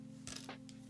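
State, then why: Not seated. A mechanical key switch is handled against a polypropylene keyboard plate, with short scraping, plastic contact sounds around 0.3 to 0.5 seconds and a faint tick near 0.7 seconds over a steady low hum. Nothing has seated or clicked into the plate yet.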